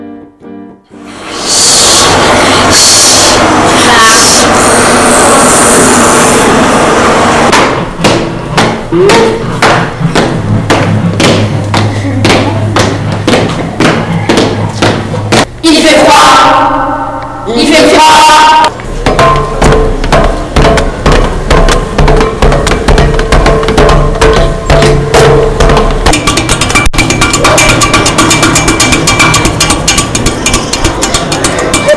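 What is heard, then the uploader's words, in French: A dense sound-art piece: a loud rushing wash opens, then rapid regular thuds and clicks pulse throughout, with a sweeping swell near sixteen seconds. Expérience sonore à la Kunsthalle. Nous avons enregistré des sons dans le bâtiment de La Fonderie (qui accueille un centre d'art contemporain et une université). Les sons ont ensuite été montés pour réaliser une bande sonore.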